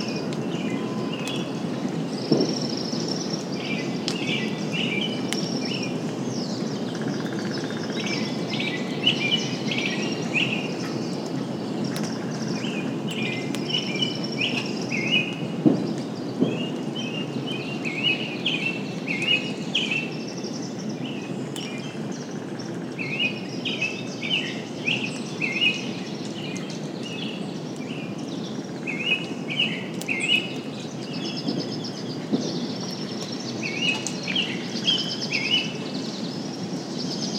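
Songbirds call and sing throughout the tail end of a rainstorm, their short chirping phrases repeating every second or two over a steady low rumble. The rumble swells briefly around 2, 16 and 31 seconds, like rolling thunder, with a soft rain hiss underneath.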